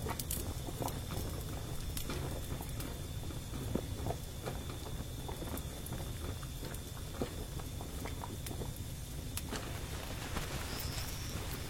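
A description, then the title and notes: Firewood burns with a steady low roar and frequent sharp crackles and pops, a faint thin whine running throughout and a brief high whistle near the end. Burning firewood.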